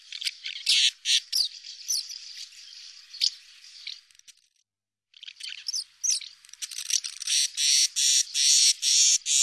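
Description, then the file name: Swallow twittering with sharp, high chirps, then after a short pause a run of several regular, evenly spaced notes. "Hirondelle"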